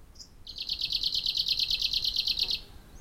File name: warbler-arctic -Phylloscopus-borealis